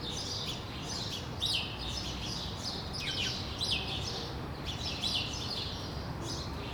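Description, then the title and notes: Sparrow chirps in loose irregular bursts, some louder cheeps standing out, against steady low background noise. Sparrows on Rue de l'épargne, Brussels, Belgium, on World Sparrow Day; Lom mikroUši microphones into Deity PR-2 recorder. "Rue de l'épargne, Bruxelles, Bruxelles-Capitale, Belgique - World Sparrow Day. Sparrows - moineaux"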